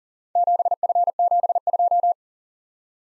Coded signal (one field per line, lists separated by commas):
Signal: Morse code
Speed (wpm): 41 wpm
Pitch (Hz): 700 Hz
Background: none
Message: 7F72